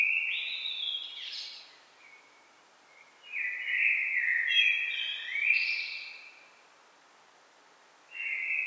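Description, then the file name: Common blackbird delivering fluty warbled phrases with scratchy high flourishes, a short quiet pause, then the start of another melodious phrase. "Turdus merula"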